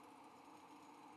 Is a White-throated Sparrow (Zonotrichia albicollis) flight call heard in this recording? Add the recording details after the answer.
no. No flight call is heard. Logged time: 04:24 on 5 December 2014